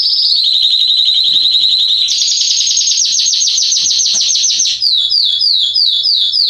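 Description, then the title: Belgian canary song: a steady rolling trill that jumps to a higher pulsing tour, ending in a series of quick descending whistled notes. Male Belgian canary singing a lot, meant to warm up and train young canaries. "Canary Training Esquente Seu Filhote E Canario Belga Em 30 Minutos Macho Cantando Muito. CANTO DO CANRIO"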